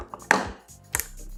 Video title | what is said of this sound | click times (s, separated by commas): VAMOS MONTAR O COMPUTADOR!! - MONTANDO UM COMPUTADOR [PARTE 3] | porque está encaixado na uma verificada ele não está cambaleando | 0.3 s, 1.0 s